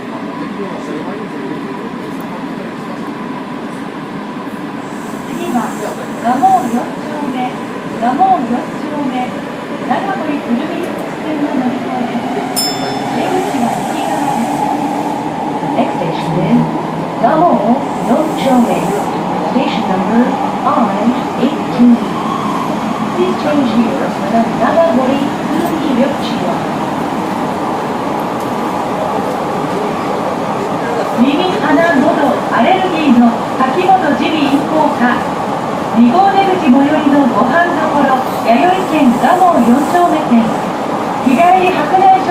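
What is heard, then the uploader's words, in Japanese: A train on the Osaka Municipal Subway Imazatosuji Line runs with a steady, dense low rumble throughout. Around twelve seconds a motor whine rises in pitch as the train speeds up, then holds. Voices murmur over the running noise, growing busier toward the end. 大阪市営地下鉄時代の今里筋線の全区間走行音。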